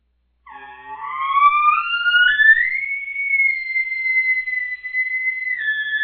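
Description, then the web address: Elk bugle, a clear whistled tone climbing steadily in pitch and then sustained high and level for several seconds with slight wavering. Bull elk. "bowsite. elkcontest elk 2001 soundfiles bull"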